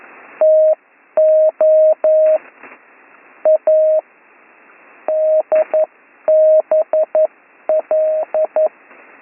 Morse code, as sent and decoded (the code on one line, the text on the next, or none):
- --- / .- / -.. -... .-..
TO A DBL